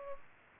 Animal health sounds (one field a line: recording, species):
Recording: mosquito wingbeat signal from an infrared sensor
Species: Culex pipiens